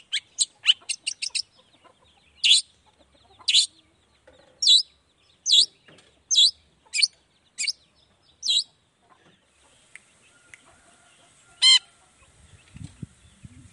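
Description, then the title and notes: Long-tailed shrike giving a quick burst of chips, then sharp notes about once a second, and later a single high note. Morning; song played to provoke other shrikes to respond quickly and agitatedly; varied 'toet toet' voice. "Cendet Gacor Dor Di Kala Pagi Toet Toet Variasi Suara. Cendet Gacor Langsung Nyaut Emosi Hanya dengan Sekali Putar Bikin Cendet Lainya Cepat Respon Bunyi. Burung cendet"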